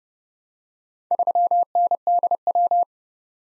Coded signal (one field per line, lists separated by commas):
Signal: Morse code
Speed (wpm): 30 wpm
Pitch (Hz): 700 Hz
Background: none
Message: 3NDW